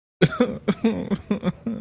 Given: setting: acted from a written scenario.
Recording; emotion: vocal sound without words; sadness